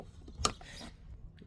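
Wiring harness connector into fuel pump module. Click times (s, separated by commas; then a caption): 0.4 s. The plastic wiring harness electrical connector is plugged into its socket on the fuel pump module of a 2014 Hyundai Elantra. It seats with one sharp, bright click at 0.5 s, followed by a soft rustle and faint ticks near 1.4 and 1.5 s. The connector is clicked in and seated.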